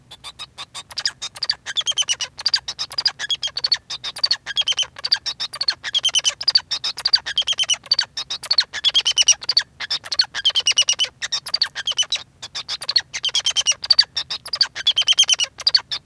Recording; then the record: song of a male Bengalese finch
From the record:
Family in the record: son of father 2